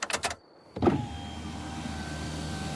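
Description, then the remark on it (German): A few quick mechanical clicks and a thump as the car's ignition key is turned, then the car's electric window motor starts and hums steadily as the window rolls down, with a thin, even whine that lasts to the end. “Du sollst das Fenster runter machen.”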